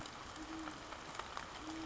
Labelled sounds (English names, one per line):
Great Horned Owl